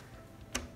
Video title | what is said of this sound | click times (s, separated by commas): 2008 iMac Ram Upgrade | the end you just want to push and you'll hear it click in just | 0.6 s